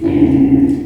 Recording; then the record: squeal of a Yucatan mini pig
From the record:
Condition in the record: before surgery on the right vocal fold (resection and tissue-engineered implant); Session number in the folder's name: 1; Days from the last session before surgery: -21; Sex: female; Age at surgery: 19 weeks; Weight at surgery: 25 kg